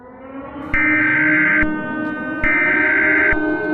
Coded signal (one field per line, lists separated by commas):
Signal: Emergency Alert System (SAME) tones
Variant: header bursts